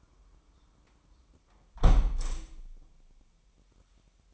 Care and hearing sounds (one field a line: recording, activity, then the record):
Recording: daily activity, microphone in the room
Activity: close window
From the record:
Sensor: 1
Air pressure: 998.7 hPa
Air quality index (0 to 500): 121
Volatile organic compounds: 3 ppm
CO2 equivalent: 1452 ppm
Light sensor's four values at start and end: 8/18/7/9 and 7/18/7/9